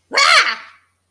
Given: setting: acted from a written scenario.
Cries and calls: vocal sound without words; fear

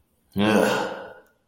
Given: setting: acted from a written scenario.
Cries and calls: vocal sound without words; disgust

